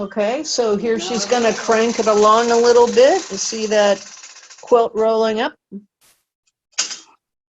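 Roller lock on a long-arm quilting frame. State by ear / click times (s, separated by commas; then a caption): seated / 6.8 s. Someone talks while the quilt roller on a long-arm quilting frame is cranked forward, rolling the quilt up. After a brief quiet, the roller lock clicks into place at 6.8 s, engaging so the roller cannot turn by accident.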